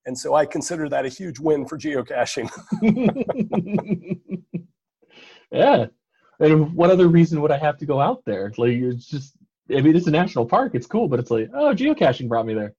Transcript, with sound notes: And so I consider that a huge win for Geocaching.
[laughter] Yeah, and what other reason would I have to go out there? It’s like it’s just… I mean, it’s a national park, it’s cool but it’s like, “Oh Geocaching brought me there.